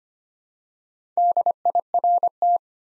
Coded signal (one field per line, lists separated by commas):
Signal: Morse code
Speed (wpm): 25 wpm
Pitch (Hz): 700 Hz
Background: none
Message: DIRT